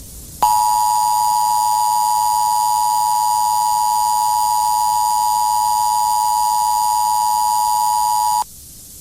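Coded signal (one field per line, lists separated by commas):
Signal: Emergency Alert System (SAME) tones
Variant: 853 and 960 Hz attention tone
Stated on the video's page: Flash Flood Warning, extended alert for Humacao and Naguabo.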